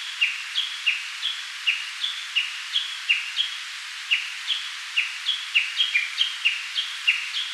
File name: Cettia diphone